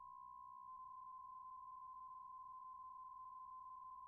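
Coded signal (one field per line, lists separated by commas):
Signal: PSK63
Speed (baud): 62.5 baud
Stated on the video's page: RSGB 3.5 MHz Autumn Series contest, livestreamed.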